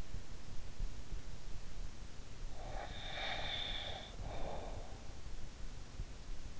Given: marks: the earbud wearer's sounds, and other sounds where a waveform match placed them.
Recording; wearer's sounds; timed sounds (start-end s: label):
sounds in sleep by an in-ear microphone; snoring breath
2.39-4.96 s: snoring breath